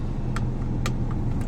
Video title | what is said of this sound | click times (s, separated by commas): driving lesson 1- know everything about the car- gaadi chalana sikhe (gaadi ke baare mein sab jaane) | इसको ऐसे अंदर कर देना है। जब एक बार क्लिक की साउंड आ जाएगी मतलब सीट बेल्ट सही से एंगेज हो चुकी है, | 0.9 s